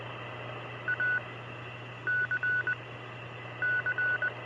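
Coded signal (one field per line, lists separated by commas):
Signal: Morse code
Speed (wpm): 20 wpm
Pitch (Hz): 1480 Hz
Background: none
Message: A C C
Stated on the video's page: Morse from the game Oxenfree.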